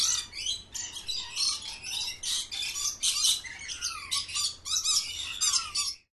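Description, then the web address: Parrots squawking and chattering in a dense, continuous chorus of harsh, high-pitched calls, with short screeches overlapping throughout. Parrots kept in cages at a zoo. "sound from a zoo where parrots are kept in cages"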